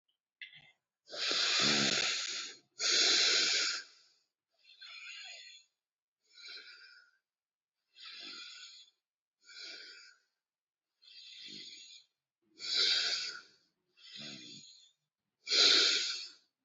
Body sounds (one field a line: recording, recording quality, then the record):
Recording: deep breathing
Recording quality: excellent, no background noise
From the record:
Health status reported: healthy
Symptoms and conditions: none ticked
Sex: male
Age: 24 years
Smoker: not ticked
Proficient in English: yes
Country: India